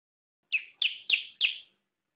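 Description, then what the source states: Bar-winged prinia giving four bright, downslurred chirps in a steady, quick series. Ciblek song in 'semi' style.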